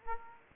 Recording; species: mosquito wingbeat signal from an infrared sensor; Aedes aegypti